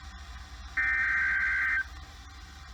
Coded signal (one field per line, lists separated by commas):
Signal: Emergency Alert System (SAME) tones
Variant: header bursts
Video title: Here Come The Storms...EAS Alerts From July 22, 2020 (EAS #212-234)